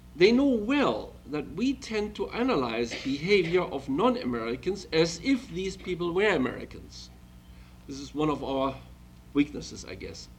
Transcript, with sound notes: They know well that we tend to analyze (coughs) the behavior of non-Americans as if these people were Americans. This is one of our weaknesses, I guess.